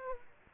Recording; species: mosquito wingbeat signal from an infrared sensor; Aedes aegypti